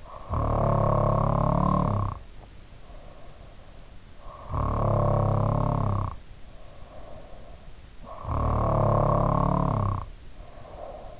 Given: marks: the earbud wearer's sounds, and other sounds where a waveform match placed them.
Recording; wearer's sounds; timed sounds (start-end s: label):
sounds in sleep by an in-ear microphone; snoring breath
0.00-3.54 s: snoring breath
4.17-7.60 s: snoring breath
8.11-11.20 s: snoring breath